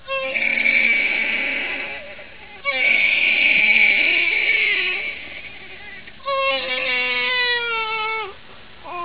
Ambient baby cry.